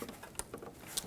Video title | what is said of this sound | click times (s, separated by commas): How to Replace Spark Plug Wires 1997-2006 Jeep Wrangler 2.4L L4 | let's connect our ignition coil harness till it clicks | 0.4 s